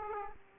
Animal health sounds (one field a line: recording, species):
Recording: mosquito wingbeat signal from an infrared sensor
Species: Aedes aegypti